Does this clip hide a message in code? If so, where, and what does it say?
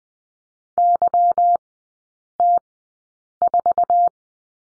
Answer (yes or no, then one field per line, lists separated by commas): yes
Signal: Morse code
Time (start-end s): 0.8-4.1 s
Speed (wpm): 20 wpm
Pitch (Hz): 700 Hz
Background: none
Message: YT4